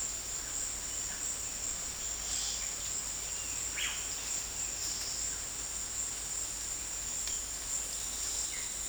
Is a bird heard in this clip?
no